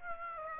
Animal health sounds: mosquito wingbeat signal from an infrared sensor; Aedes aegypti

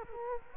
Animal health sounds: mosquito wingbeat signal from an infrared sensor; Culex quinquefasciatus

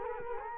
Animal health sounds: mosquito wingbeat signal from an infrared sensor; Culex quinquefasciatus

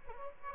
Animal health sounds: mosquito wingbeat signal from an infrared sensor; Aedes albopictus

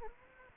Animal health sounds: mosquito wingbeat signal from an infrared sensor; Anopheles arabiensis

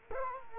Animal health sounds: mosquito wingbeat signal from an infrared sensor; Culex quinquefasciatus

